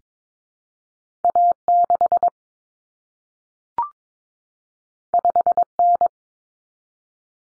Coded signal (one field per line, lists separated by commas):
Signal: Morse code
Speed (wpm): 22 wpm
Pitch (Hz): 700 Hz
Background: none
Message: A6 5N